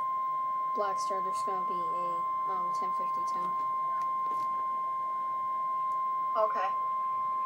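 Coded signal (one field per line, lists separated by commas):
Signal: Emergency Alert System (SAME) tones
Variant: 1050 Hz attention tone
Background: speech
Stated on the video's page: Alert received from Weatheradio Canada, partly missed because of recording delay.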